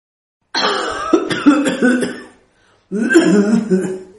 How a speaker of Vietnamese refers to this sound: Lâm Trúc lớn tiếng ho khan, cắt ngang hai chị em bắt đầu tám chuyện bát quái.